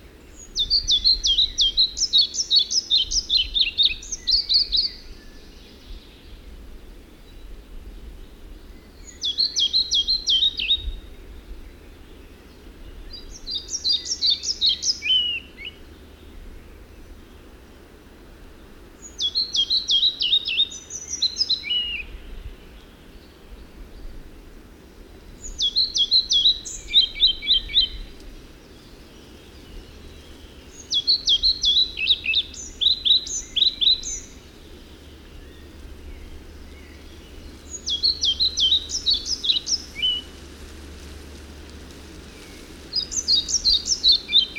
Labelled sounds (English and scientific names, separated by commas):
European Pied Flycatcher (Ficedula hypoleuca) song